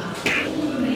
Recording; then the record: coughing mixed with background sound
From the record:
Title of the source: 64 coughing, allergies, singing lungs